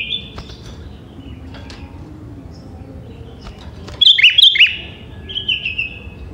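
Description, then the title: Sooty-headed bulbul: a whistled note at the start, then after about four seconds a bright chirpy phrase followed by a second phrase. "Kutilang"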